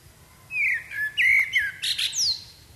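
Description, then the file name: Common blackbird singing one phrase of mellow, slurred whistles that ends in a thin, high twitter. "Turdus merula"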